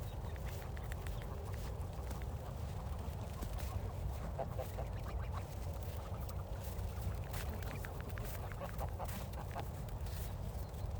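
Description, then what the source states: Goose flock chatter, brief honking notes scattered and in small bursts throughout, with constant low-pitched background noise. Geese on snow; 16 December.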